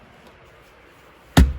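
A compartment lid in the interior of a vintage 1964–66 Ford Thunderbird is pushed closed after a quiet stretch, and its latch engages with a single sharp, broadband snap and low thump at 1.4 s. The release button pops out, and the lid is latched shut.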